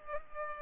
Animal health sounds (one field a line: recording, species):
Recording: mosquito wingbeat signal from an infrared sensor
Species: Culex pipiens